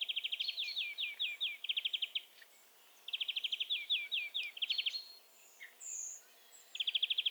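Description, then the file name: European greenfinch giving fast ringing trills broken by slower slurred notes, in a few phrases with pauses between. "Chloris chloris"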